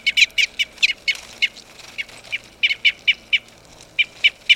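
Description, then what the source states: Red crossbill giving many crisp, clipped chip notes, tightly bunched at first, then more evenly spaced after a pause. Red Crossbill of call type N.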